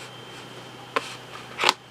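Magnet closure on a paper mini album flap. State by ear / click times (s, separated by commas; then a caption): seated / 1.0 s, 1.7 s. A paper flap on an 8 x 8 mini album is closed twice so its magnetic closure meets, giving a sharp snap at 1.0 s and a louder snap at 1.7 s over quiet background hiss. The magnets snap together and the closure is seated in place.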